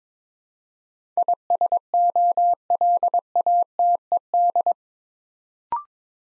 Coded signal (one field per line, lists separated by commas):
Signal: Morse code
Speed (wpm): 23 wpm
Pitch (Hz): 700 Hz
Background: none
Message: ISOLATED